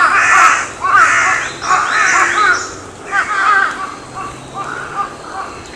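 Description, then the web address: Crow giving loud harsh caws in a series, roughly one per second at first, then softer, fading calls. Recorded 14 May 2022. "sound 20220514 カラス"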